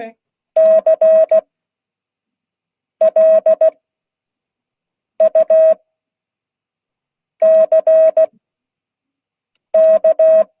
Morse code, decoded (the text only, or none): CLUCK